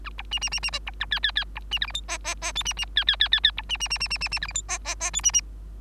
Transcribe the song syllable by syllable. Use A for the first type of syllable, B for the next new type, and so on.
A B C C C C D B A E E E B C F G H D D D I C C E E E E E B C C C C C C C F G H D D D I C C